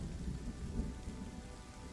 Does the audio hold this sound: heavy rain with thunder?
yes